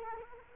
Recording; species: mosquito wingbeat signal from an infrared sensor; Culex quinquefasciatus